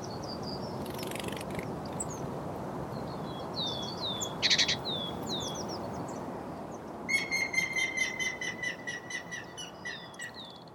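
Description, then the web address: Grey-headed woodpecker: after higher down-slurred notes and buzzy bursts, a series of whistled notes that fades, over continuous low hiss. "linnut harmaap 2. linnut taustaa aanet"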